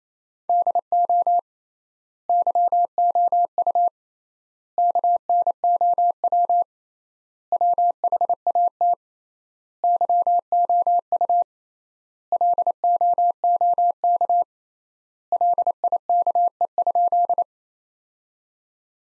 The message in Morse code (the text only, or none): DO YOU KNOW WHAT YOU LOOK LIKE?